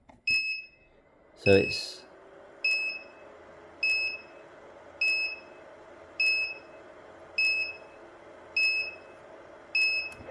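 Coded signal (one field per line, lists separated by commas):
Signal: none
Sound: tuner's tuning beeps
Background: speech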